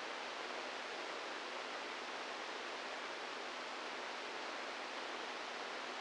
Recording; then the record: brain microelectrode recording played as sound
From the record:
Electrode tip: inside the subthalamic nucleus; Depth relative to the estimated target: -1 mm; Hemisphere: right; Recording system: NeuroSet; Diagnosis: Parkinson's disease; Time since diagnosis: 8 years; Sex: male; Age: 46 years